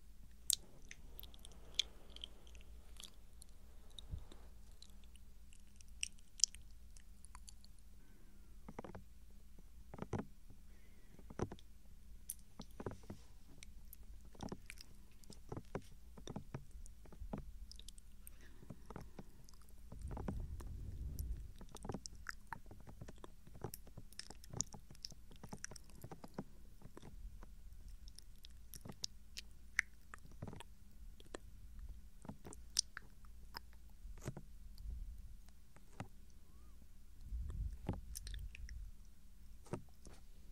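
Soft mouth sounds and touches come as scattered sharp clicks and smacks over a low steady hum, with deeper thumping rubs near 20 and 38 seconds.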